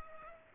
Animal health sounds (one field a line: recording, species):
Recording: mosquito wingbeat signal from an infrared sensor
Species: Culex pipiens